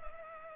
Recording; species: mosquito wingbeat signal from an infrared sensor; Culex pipiens